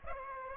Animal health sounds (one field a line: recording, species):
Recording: mosquito wingbeat signal from an infrared sensor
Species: Aedes aegypti